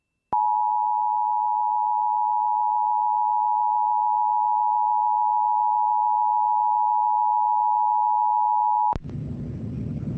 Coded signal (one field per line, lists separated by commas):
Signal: Emergency Alert System (SAME) tones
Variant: 853 and 960 Hz attention tone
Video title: [EAS #2512-#2516] Nevada RMTs + KLOS & KLLI Auto RWTs (6/28/23)